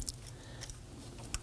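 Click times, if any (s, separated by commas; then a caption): none. The plastic electrical connector of a new upstream oxygen sensor on a 2005-2009 Subaru Legacy 2.5L is lined up with the vehicle's wiring harness connector. Brief, sharp handling taps at about 0.0, 0.1 and 1.3 seconds stand out over a low, steady background. The connector has not clicked into place yet.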